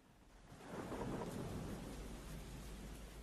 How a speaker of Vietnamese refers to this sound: Bầu trời càng lúc càng tối sẫm xuống. Sấm sét mưa gió trên bầu trời cứ như là vần vũ điên cuồng vậy, làm cho người ta cũng giận cả người.